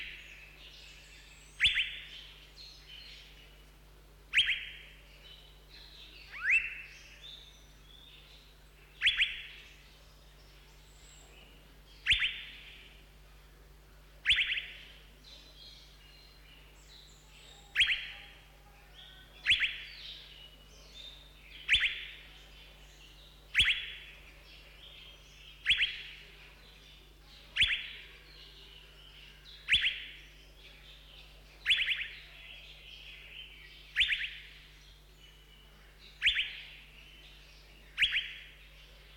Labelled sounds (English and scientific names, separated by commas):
Asian Fairy-bluebird (Irena puella)